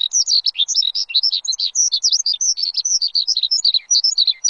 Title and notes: Suara Burung. Suara Kicauan Burung untuk memaster burung kesayangan